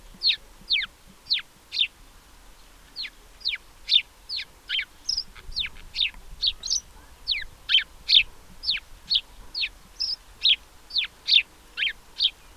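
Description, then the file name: House sparrow chirping: short, bright, downward chirps repeated about two per second, with slight variations in pitch. "Passer domesticus"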